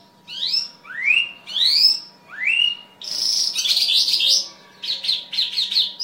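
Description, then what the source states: Bimaculated lark singing: several rising slurred whistles, then a rapid scratchy warbling run of chirps, with a low constant hum in the background. Recorded in Afghanistan.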